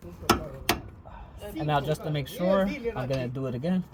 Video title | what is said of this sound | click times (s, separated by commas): How To Change Shocks on a 2000 Dodge Dakota 4x4 | now with the torque wrench set at 80 ft lb we can twist it to the left until we hear a clicking sound | 0.3 s, 0.7 s